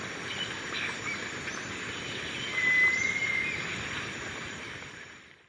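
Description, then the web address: Little tinamou giving a single thin, steady whistle lasting about a second, over a steady background hiss. Recorded in the eastern lowlands of South America. "Natures Songs S America Eastern Lowlands. Little Tinamou"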